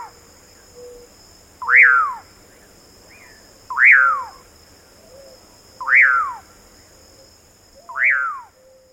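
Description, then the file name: Common Pauraque giving four rising-then-falling whistled calls about two seconds apart. Faint softer notes sound between them, and a constant high-pitched hum runs underneath. Recorded on 3 December 2000. "2000-12-03 Pauraque"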